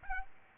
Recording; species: mosquito wingbeat signal from an infrared sensor; Aedes albopictus